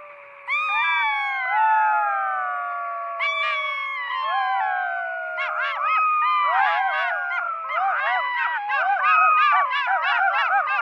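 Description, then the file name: Golden jackals start with long falling wails, then break into a rapid, excited run of overlapping yips and yelps. "Stimme Goldschakal"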